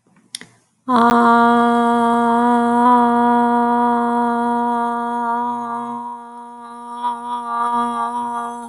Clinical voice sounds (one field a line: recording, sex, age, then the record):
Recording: vowel held as long as possible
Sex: female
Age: 30 to 39 years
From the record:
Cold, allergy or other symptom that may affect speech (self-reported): no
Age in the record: 39 years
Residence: Texas, United States